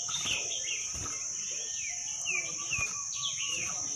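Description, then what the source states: Red-whiskered bulbul song: slurred whistled notes in quick succession, under a constant high-pitched whine and light background noise. Wild bird singing in the Vietnamese 'giọng rừng' (forest voice) style.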